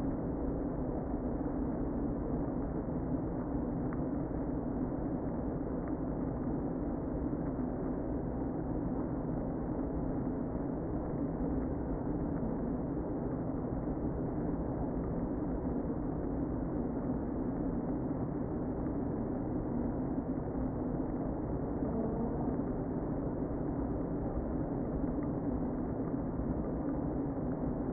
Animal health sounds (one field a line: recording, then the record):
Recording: honeybee colony, microphone inside the hive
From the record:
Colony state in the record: queen present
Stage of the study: before two queens were removed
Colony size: about 60,000 bees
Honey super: yes